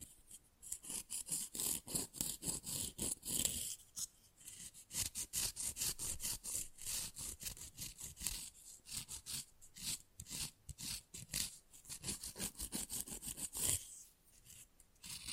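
Quick, rough nail filing scrapes in dense, rapid strokes with brief pauses near four and fourteen seconds, the strokes bright and hissy throughout.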